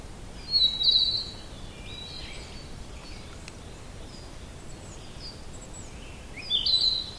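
Narcissus flycatcher song: two short high trilled whistles separated by several seconds of faint background hiss and soft notes.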